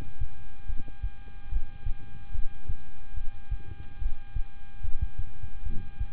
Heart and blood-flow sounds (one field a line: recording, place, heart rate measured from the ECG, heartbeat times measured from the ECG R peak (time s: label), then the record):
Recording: heart sounds by stethoscope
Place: between the tricuspid and mitral areas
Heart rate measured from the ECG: 72 bpm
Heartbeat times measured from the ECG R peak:
0.66 s: heartbeat
1.49 s: heartbeat
2.32 s: heartbeat
3.14 s: heartbeat
3.99 s: heartbeat
4.81 s: heartbeat
5.63 s: heartbeat
From the record:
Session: rest, lying down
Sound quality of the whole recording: good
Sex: male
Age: 26 years